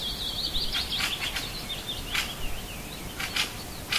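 Small bird singing a continuous high, wavering, warbling twitter, with scattered sharp clicks and a steady background hiss.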